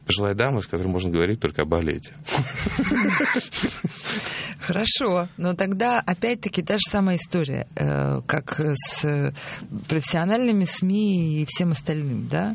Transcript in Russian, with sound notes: Пожилая дама, с которой можно говорить только о балете. (смеется)
Хорошо. Но тогда, опять-таки, та же самая история как с профессиональными СМИ и всем остальным, да?